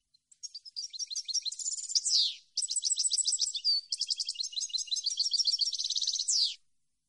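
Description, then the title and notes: European goldfinch singing two long, lively phrases of quick liquid twitters and buzzy trills, each closing with a sharp downward-sliding note, with a brief pause between them. Clean goldfinch song recording on CD, made for song copying. "Cd Jilguero. Cd de canto de jilguero limpio para copia"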